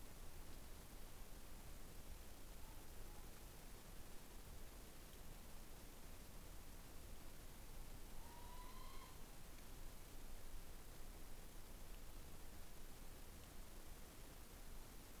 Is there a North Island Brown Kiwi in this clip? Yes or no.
no